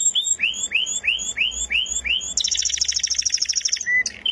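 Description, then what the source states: Canary song: several rising whistles in steady sequence, followed by a fast buzzy trill and a brief clear whistle. Contest-winning canary.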